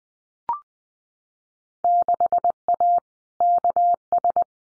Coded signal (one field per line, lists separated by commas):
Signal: Morse code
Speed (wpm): 20 wpm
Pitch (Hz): 700 Hz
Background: none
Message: 6A KS